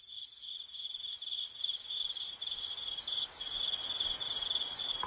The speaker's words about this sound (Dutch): Ja, dit is een mooie herinnering uit mijn jeugd. Het zijn, ik beeld me dan maar meteen even in dat het gewoon de krekels zijn in Frankrijk.